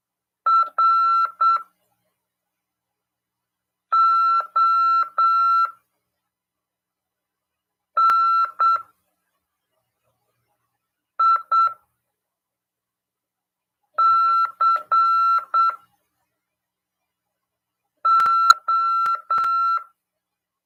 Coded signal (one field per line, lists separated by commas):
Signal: Morse code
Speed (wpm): 8 wpm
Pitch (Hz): 1340 Hz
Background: none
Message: R O N I C O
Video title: RADIOAMADOR 14/11/2022 "AULA 31: CW, LEGISLAÇÃO e C.RODADA" FM 146.410 Mhz. PY2EXU PAULO CRASP/RAF.